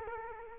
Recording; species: mosquito wingbeat signal from an infrared sensor; Culex quinquefasciatus